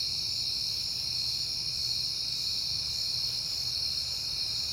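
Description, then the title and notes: Crickets keep up a continuous shrill trilling chorus throughout, over a soft low hum. Recorded on a peaceful September night; crickets heard often that month. "Night Time: Crickets and Passing Cars. It is September and I have been hearing the crickets a lot, but finally had a peaceful night to make the recording"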